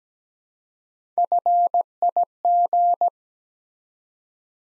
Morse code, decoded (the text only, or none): FIG